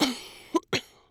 Female cough wheezy.